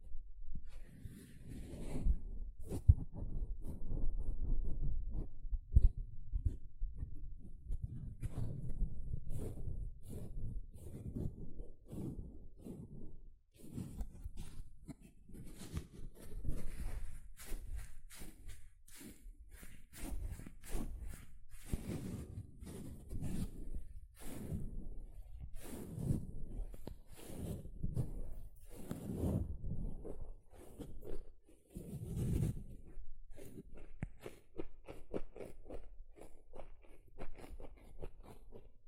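A sponge is squished, scratched and brushed in a continuous run of dense, uneven low rustling bursts, with sharper scraping strokes near thirty seconds.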